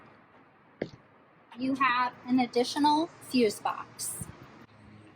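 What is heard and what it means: A snap-in trim cover on the left-hand side of the trunk of a 2021–2025 Lexus LS is pulled up to reveal an additional fuse box. A single sharp click is heard at 0.8 s as the snap clip lets go and the cover pops open, followed by someone talking.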